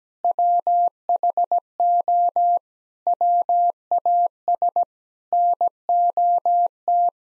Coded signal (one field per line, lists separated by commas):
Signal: Morse code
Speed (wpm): 17 wpm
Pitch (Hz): 700 Hz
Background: none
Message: WHO WAS NOT